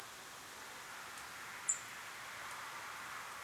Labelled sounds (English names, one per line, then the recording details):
unidentified sound
Song Thrush
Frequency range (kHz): Song Thrush 6.6-10.8 kHz
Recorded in France